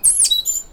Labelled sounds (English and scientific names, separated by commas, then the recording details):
Stitchbird (Notiomystis cincta) song
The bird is a male
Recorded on Tiritiri Matangi Island, New Zealand, in 2005
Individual 1, of nest box 1